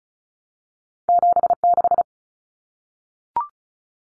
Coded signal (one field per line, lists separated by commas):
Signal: Morse code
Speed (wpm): 34 wpm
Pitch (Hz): 700 Hz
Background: none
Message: 76